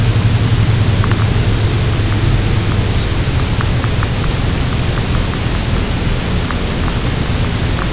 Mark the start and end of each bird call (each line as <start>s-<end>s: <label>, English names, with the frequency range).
2.92s-3.10s: Red Phalarope (3.2-4.3 kHz)